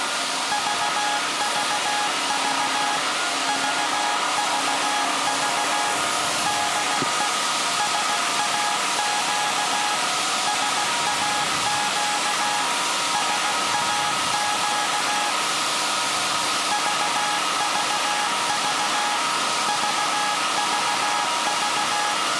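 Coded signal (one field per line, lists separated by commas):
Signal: Morse code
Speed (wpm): 16 wpm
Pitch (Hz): 830 Hz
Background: none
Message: VVV VVV DE SAQ SAQ SAQ VVV VVV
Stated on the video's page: Live CW transmission from SAQ Grimeton's 1924 Alexanderson alternator for UN Day.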